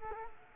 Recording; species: mosquito wingbeat signal from an infrared sensor; Culex quinquefasciatus